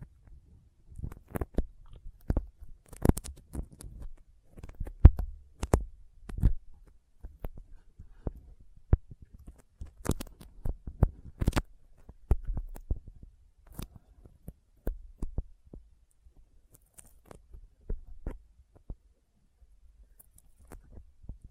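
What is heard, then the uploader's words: Sticky fingers press and pull apart in a quick, irregular run of tacky clicks and pops, each snap sharp and brief. A soft low thump sits under many of them, and the bursts cluster densely throughout with short gaps between. ASMR Intense Sticky Finger Sounds (No Talking).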